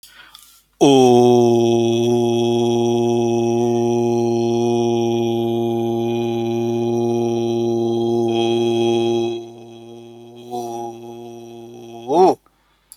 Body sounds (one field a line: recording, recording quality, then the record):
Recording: sustained vowel as in boot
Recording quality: excellent, no background noise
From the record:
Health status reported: healthy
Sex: male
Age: 41 years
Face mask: not worn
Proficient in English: yes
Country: India